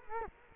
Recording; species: mosquito wingbeat signal from an infrared sensor; Culex quinquefasciatus